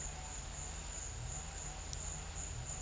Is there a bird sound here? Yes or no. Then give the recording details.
no. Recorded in pastures near Puerto Asís, Putumayo, Colombia, on 21 December 2024 at 13:30. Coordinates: 0.472, -76.329. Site G072